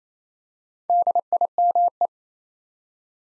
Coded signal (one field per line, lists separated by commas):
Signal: Morse code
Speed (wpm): 27 wpm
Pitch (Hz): 700 Hz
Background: none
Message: DIME